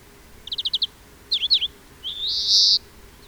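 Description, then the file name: European greenfinch giving a fast five-note trill, a short twitter, then one drawn-out buzzy wheeze. "Chloris chloris"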